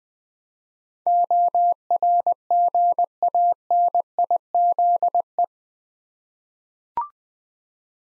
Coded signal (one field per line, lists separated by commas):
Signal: Morse code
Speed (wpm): 20 wpm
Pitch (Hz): 700 Hz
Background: none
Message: ORGANIZE